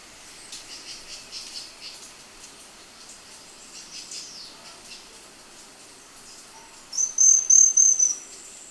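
Ochraceous piculet: a high, thin trill near the end, after a stretch of faint background sound.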